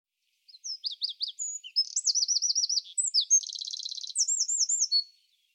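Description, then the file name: Eurasian wren song, a rapid, loud burst of high trills and sharp notes, rattling and warbling for about five seconds without pause. "Troglodytes troglodytes"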